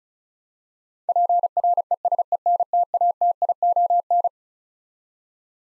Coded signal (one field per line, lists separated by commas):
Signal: Morse code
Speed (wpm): 36 wpm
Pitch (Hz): 700 Hz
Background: none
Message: PRESENTATION